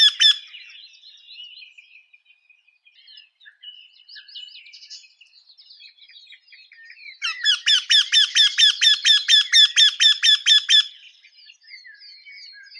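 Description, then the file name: Eurasian wryneck giving a loud, even series of many nasal 'kee-kee-kee' notes, after faint scattered calls. "Koshlar tavyshy - Ysyldavyk kosh Jynx torquilla"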